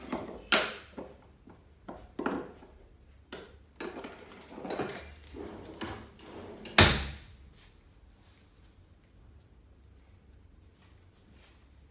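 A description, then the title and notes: Sharp clicks and knocks of tools being handled during a shave, the loudest near the start and just before seven seconds. Brief rustling and brushing sounds fall in between. After that it settles into a quiet, low hum. Men's shave & Turkish massage.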